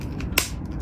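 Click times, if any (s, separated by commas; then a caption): 0.4 s. During the combining transformation of a plastic DX bootleg DaiTanken transforming toy robot, the Gogo Ken vehicle part is rotated backward and then upward into its locked position. Faint ticks at 0.0 s and 0.2 s lead to a sharp, loud click at 0.4 s as the joint seats into place.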